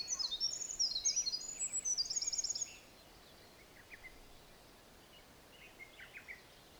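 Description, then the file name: Olive-backed Pipit song: a rapid burst of high, thin, repeated buzzy notes lasting about three seconds, then a few faint chirps. Recorded at Mt Hinoki. "Indian Tree Pipit At Mt Hinoki"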